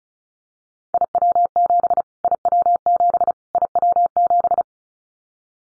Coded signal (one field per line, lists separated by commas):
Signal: Morse code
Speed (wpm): 34 wpm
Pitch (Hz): 700 Hz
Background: none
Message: IW7 IW7 IW7